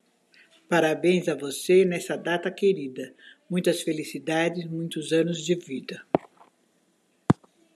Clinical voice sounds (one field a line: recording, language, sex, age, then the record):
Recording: short text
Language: Brazilian Portuguese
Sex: female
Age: 60 to 69 years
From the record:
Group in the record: control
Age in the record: 61 years